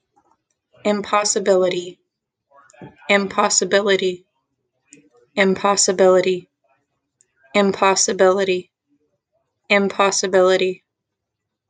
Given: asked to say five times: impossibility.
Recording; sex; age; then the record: repeated word; female; 20 to 29 years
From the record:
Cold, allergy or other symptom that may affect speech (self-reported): no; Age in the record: 24 years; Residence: Montana, United States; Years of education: 12